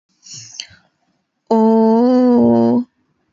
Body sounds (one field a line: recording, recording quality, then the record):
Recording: sustained vowel as in boot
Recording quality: excellent, no background noise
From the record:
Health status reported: healthy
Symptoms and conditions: none ticked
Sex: female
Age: 26 years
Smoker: not ticked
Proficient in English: yes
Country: India